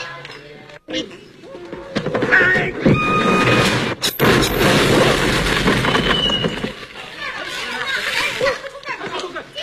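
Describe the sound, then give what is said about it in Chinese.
A loudspeaker falls and crashes down with one sudden, sharp bang midway, followed by a burst of clattering noise, while people talk and react over a busy background. “这音箱怎么会掉下来？楼上干嘛呢？”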